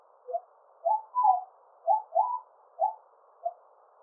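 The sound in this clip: Agile gibbon call of several short, mellow hooting notes that each slide upward.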